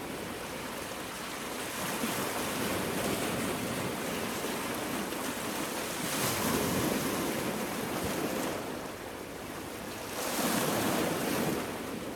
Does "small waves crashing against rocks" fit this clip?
yes